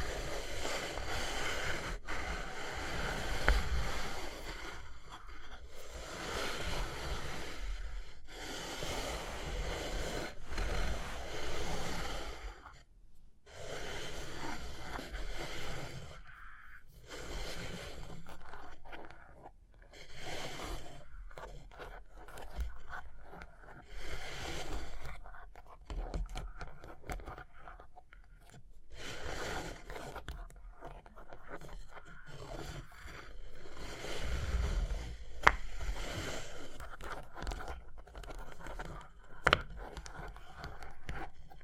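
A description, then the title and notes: Tapping and scratching that comes in uneven bursts: dense, rasping scrapes run for a few seconds at a time, broken by short silent gaps. The sound is bright and gritty, with a steady low rumble underneath and a couple of sharp taps near the end. Tapping and Scratching (No Talking).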